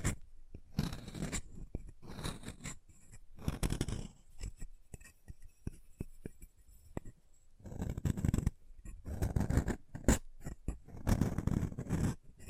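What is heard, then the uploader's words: Dry scraping and cutting on chalk comes in bursts of gritty strokes, with quieter pauses and small sharp clicks between them. ASMR Chalk Carving and Cutting Sounds (No Talking).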